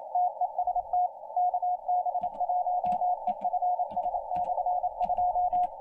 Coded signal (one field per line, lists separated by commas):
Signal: Morse code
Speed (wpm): 28 wpm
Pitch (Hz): 720 Hz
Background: radio noise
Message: TEST KB1EFS/2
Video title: CQ 160m